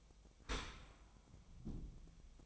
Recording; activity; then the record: daily activity, microphone in the room; open dishwasher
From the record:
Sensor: 1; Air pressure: 1004.7 hPa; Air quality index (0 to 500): 120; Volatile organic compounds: 4 ppm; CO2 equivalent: 1664 ppm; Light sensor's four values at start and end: 9/21/8/9 and 9/21/8/9